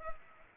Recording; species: mosquito wingbeat signal from an infrared sensor; Culex pipiens